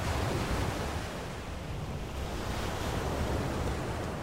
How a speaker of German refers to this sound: Die Wellen funktionieren, die Wellen beruhigen mich.